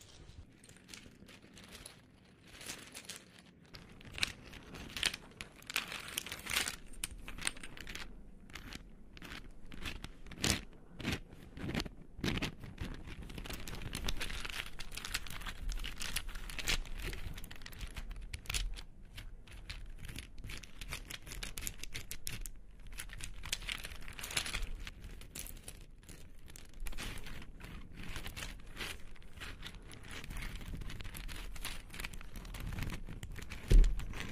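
Hair being rolled, heard as crinkly rustling and soft scratchy crackles. After a quiet first few seconds the rustling runs almost continuously in dense, uneven bursts, with a low hum underneath and one sharper knock right at the end.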